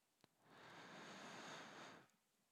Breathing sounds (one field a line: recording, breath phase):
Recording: one breath near a microphone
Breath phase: inhalation